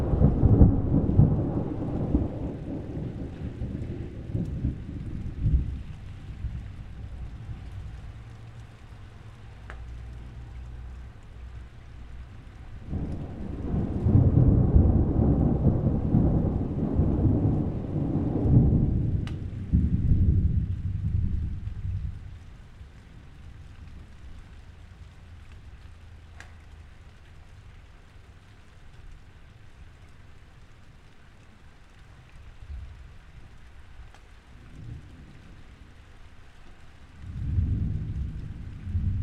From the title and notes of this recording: A huge thunderstorm passes overheard at 5.00am in northern Italy - this recording is made from an open patio door directly out into the storm. Pouring rain clatters against the wooden shutters, while cracks of thunder rumble ominously and break overhead. Recorded by Cities and Memory. The 5.00am thunderstorm.